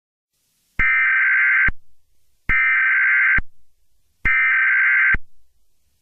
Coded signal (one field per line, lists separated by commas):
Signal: Emergency Alert System (SAME) tones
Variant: header bursts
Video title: [EAS Scenario] The Dueling Pandemics